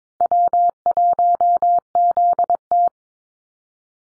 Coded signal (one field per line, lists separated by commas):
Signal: Morse code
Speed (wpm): 22 wpm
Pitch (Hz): 700 Hz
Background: none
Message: W1ZT